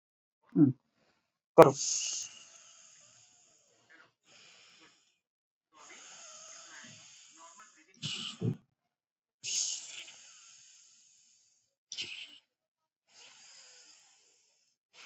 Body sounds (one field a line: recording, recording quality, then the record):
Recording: deep breathing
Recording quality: excellent, no background noise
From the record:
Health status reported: COVID-19 positive, no symptoms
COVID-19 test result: positive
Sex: female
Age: 59 years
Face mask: not worn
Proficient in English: no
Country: India